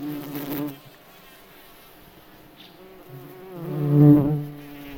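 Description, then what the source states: Bumblebee wing buzz: a short loud burst, a quiet pause, then a rising, swelling drone that fades out. Wing buzzing, heard in nature.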